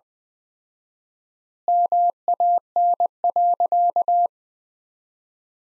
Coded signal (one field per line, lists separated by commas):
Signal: Morse code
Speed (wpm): 20 wpm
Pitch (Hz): 700 Hz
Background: none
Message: MAN.